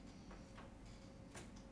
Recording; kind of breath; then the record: one breath in and out by a microphone near the nose and mouth; normal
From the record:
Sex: male